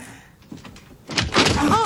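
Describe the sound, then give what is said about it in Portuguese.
A stuck door rattles and scrapes with a few dull thumps as it is forced, then gives way in a louder burst of scraping and knocking, with a voice briefly exclaiming near the end. “Ai, essa porta sempre emperra.”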